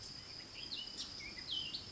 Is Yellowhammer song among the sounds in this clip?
no